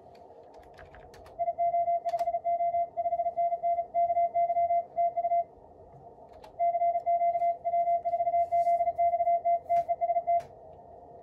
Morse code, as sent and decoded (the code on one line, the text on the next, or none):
.. --- ..... --- / ..... -. -. / -.- -.-- / - ..- / -.-. --.- / .-- ....- --.. -..- - / - . ... -
IO5O 5NN KY TU CQ W4ZXT TEST